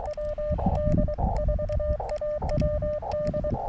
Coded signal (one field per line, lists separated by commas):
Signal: Morse code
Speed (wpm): 23 wpm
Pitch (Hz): 600 Hz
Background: none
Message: WD4AWD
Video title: Activating Chenango Valley State Park: CW POTA @ K-2032 using the Elecraft KX2 and AX1 antenna.